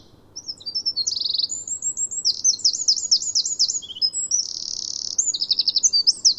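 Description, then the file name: Eurasian wren singing a fast, shrill series of buzzy trills and rapid chattering phrases, starting after a short quiet moment and continuing to the end. "Troglodytes troglodytes"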